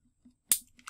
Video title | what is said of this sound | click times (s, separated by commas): Kangertech Dripbox 160 | click comes out. I have to say that's it's quite a good click. | 0.5 s